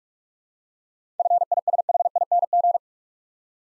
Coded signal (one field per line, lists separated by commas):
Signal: Morse code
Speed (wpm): 46 wpm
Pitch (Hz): 700 Hz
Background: none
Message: FISHING